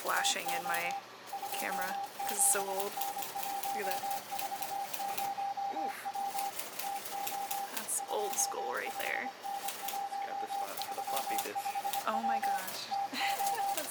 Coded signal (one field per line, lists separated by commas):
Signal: Morse code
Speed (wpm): 25 wpm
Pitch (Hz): 800 Hz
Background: speech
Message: TO 27N140W TO 25N135W TO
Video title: The Last Active Morse Code Station in the US - KPH Radio Station